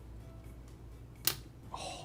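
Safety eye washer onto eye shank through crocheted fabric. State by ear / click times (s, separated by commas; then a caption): seated / 1.3 s. A plastic locking washer is pushed onto the shank of a plastic safety eye through the crocheted fabric of an amigurumi toy. It snaps into place with a sharp, bright click at 1.3 s, followed by a softer rustle at 1.7 s over low background noise. The washer is seated.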